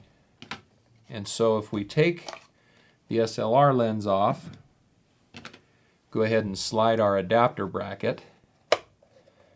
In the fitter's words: Snaps into place, solid.